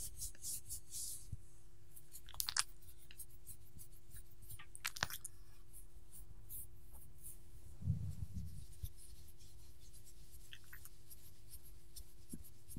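A dog is petted and scratched, with crisp rubbing bursts, a soft thump near eight seconds, and steady hum.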